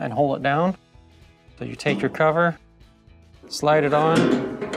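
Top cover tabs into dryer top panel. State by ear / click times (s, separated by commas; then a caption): not seated / none. Someone talks while the metal top cover of a Whirlpool dryer, being repaired for noise when running (drum support roller), is handled and slid on so its two tabs can engage the top panel. A brief knock comes at the very end, but nothing has seated or clicked yet; the tabs have not locked into place.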